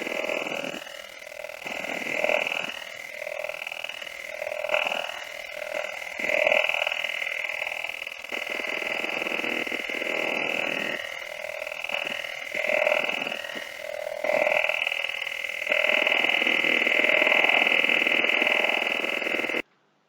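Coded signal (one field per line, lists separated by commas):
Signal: radar signal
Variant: over-the-horizon radar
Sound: harsh rapid buzzing pulse train filling the passband, with repeating swooshing sweeps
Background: radio static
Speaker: actual antenna arrays for these over the horizon radar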